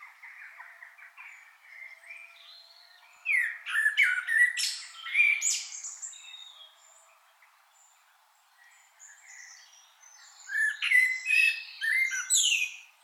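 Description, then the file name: Common blackbird singing two loud phrases mixing mellow whistles and high scratchy notes, with a quiet pause between them. "Turdus merula"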